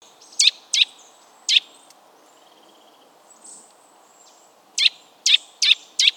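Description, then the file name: Eurasian nuthatch uttering loud, sharp high notes, three early, a quiet gap, then four more in quick succession near the end. "Sitta europaea"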